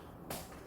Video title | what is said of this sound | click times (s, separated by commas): [리뷰] 리안 솔로lx 국민유모차의 실체 - 아빠의 리뷰 | 그래서 딸깍 소리가 날때까지 꽂아주세요 | 0.3 s